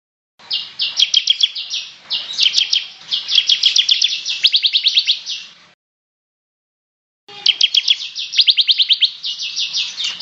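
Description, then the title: Bird song: long runs of rapid chattering trills and buzzy phrases, a pause, then a further burst of quick repeated notes. "SuaraBurung Kicau"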